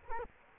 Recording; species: mosquito wingbeat signal from an infrared sensor; Culex quinquefasciatus